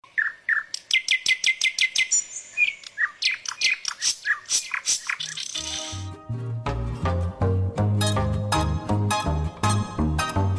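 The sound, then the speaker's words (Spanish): Birds sing in rapid, high, repeated chirps and trills for about six seconds, then loud rhythmic music with a steady, heavy low beat takes over while faint chirping continues above it. “Acompañando el canto de las aves,”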